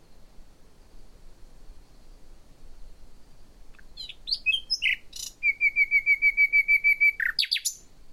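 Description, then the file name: Common nightingale song: a few sharp varied notes, then a loud run of about a dozen evenly repeated piping notes ending in a slurred flourish, over a faint steady high hum. "Luscinia megarhynchos"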